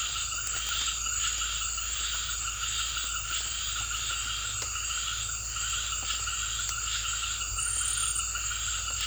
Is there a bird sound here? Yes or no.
no